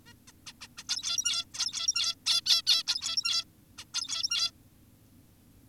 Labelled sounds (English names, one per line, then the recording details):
Zebra Finch
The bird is an adult
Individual g17y2U